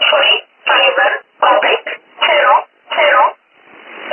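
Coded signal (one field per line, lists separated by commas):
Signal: numbers station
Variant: E11 Oblique, English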